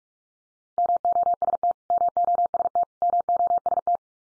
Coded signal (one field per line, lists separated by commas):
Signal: Morse code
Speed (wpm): 44 wpm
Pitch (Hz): 700 Hz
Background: none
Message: MOST MOST MOST